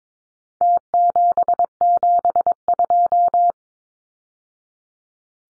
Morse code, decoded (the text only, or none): T772